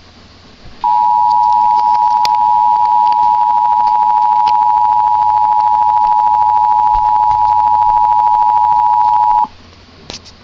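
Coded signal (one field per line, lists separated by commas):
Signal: Emergency Alert System (SAME) tones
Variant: 853 and 960 Hz attention tone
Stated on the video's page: Required monthly test from an FM broadcast station.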